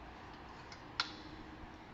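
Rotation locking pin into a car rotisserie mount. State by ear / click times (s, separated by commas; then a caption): seated / 1.0 s. A rotation locking pin on a steel 2000 kg heavy-duty car rotisserie engages into its mount once the car body is positioned. A single sharp metallic click at 1.0 s stands out over a steady low background hiss, with only faint small ticks around it. The rotation lock seats into place.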